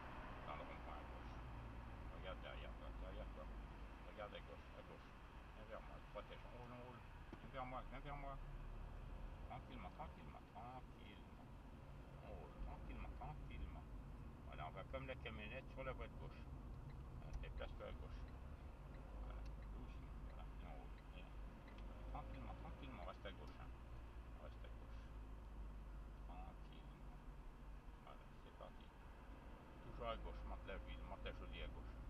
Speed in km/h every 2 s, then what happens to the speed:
30, 23, 18, 19, 24, 25, 24, 25, 25, 25, 29, 28, 25, 24, 27, 29.
0-4 slows to 18. 4-20 speeds up to 29. 20-32 steady at about 27.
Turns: 8-14.